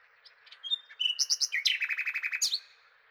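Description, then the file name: Common nightingale song phrase: a few short whistles and a trio of high notes, then a quick series of repeated notes ending in a sharp high note. "Nachtegaal"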